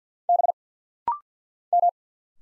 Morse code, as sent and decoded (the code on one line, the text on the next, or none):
-... / --
B M